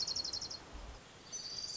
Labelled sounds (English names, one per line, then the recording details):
Orange-crowned Warbler
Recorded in Sonoma County, California